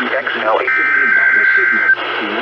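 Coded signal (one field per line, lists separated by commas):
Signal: Emergency Alert System (SAME) tones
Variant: header bursts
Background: speech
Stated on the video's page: EAS tones from a compilation of West Coast station alerts and tests during June 2020.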